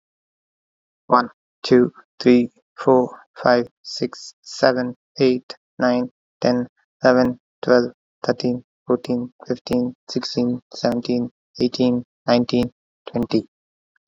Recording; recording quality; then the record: counting at a normal pace; excellent, no background noise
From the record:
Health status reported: healthy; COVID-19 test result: negative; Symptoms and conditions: sore throat, fatigue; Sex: male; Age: 34 years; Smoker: yes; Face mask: not worn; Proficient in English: yes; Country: India